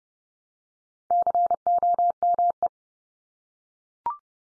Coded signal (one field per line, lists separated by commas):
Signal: Morse code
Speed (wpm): 30 wpm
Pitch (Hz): 700 Hz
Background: none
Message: COME